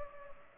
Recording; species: mosquito wingbeat signal from an infrared sensor; Culex pipiens